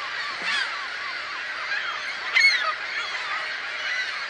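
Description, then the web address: Gulls calling in a dense, continuous chorus of overlapping harsh, mewing cries, with a few louder squealing notes standing out. "чайки"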